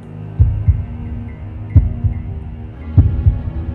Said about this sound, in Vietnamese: làm cho ông bất giác như bị hóa đá, tim đập liên hồi.